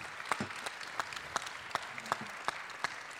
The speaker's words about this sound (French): On peut l'applaudir.